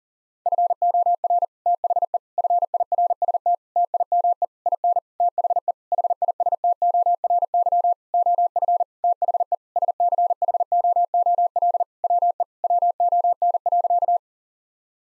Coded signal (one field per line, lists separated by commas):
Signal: Morse code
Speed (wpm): 37 wpm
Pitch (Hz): 700 Hz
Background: none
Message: FOR THE FIRST TIME IN THE HISTORY OF THE SCHOOL WE WON.